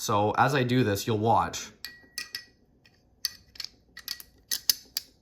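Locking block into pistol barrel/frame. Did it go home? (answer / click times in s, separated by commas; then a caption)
no / none. Someone talks, then a Beretta 92's locking block is worked back into the steel barrel and frame, producing a scattered series of short, sharp metallic clicks and taps. The block looks seated but has not snapped into place, so it must be lifted up and pushed down again; nothing has seated or clicked into place yet.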